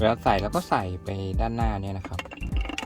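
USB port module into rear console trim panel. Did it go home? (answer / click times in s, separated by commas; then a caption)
yes / 2.8 s. A replacement USB Type-C port module is pushed back into the rear-passenger console trim panel opening of a 2023 Toyota Yaris Ativ while someone talks. Near the end, a quick series of small plastic clicks ends in a louder snap at 2.8 s as the module locks into place.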